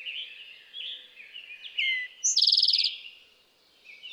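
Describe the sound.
Eastern towhee song: two sharp introductory notes followed by a fast, ringing trill lasting about half a second, over softer chirps in the background.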